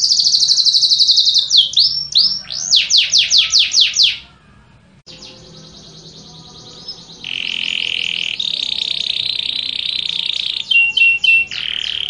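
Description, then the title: Yorkshire canary song: rapid descending whistled sweeps and trills, a short pause near four seconds, then long sustained buzzy rolls and fast repeated notes. Yorkshire canary, lively singing (gacor), long song. "Suara Burung Kenari Yorkshire Gacor Kicau Panjang"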